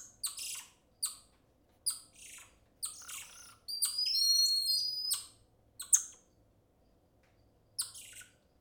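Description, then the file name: Golden lion tamarin calls, sparse sharp high chirps spaced about a second apart, with a short run of thin steady whistles in the middle. "Digiffects Sound Effects Library - Golden Lion Tamarin Monkey"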